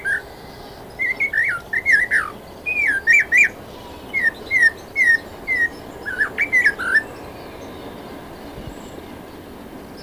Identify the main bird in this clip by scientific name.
Cossypha niveicapilla